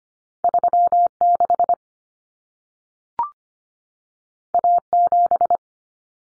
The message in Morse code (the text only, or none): 36 A7